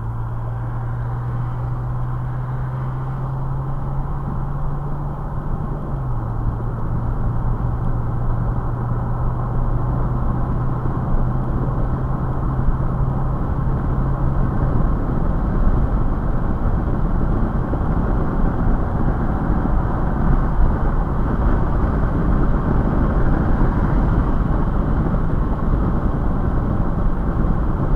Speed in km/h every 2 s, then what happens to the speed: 66, 76, 82, 89, 93, 98, 101, 105, 105, 105, 105, 105, 105, 105.
0-14 speeds up to 105. 14-28 steady at about 105.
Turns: none.